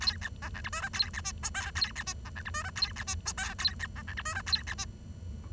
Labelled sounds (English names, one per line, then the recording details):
Bengalese Finch song
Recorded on 23 June 2012 at 10:49
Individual gr41rd51